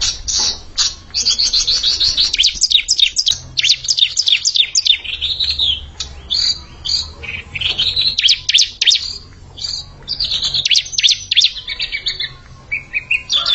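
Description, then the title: Bar-winged prinia song, a dense run of high, rapid chirps and trills, briefly broken by short pauses, with a faint low hum beneath. "Kicau Ciblek"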